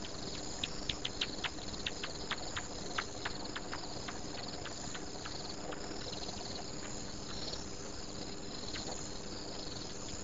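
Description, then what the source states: Bat clicks, sharp rapid ticks in uneven bursts, densest in the first three seconds, then thinning out over a steady background hiss. Recorded at a pond.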